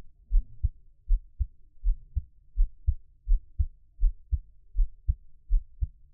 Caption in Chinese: 獻上我的心跳 | Give my Heartbeat | NO Talking。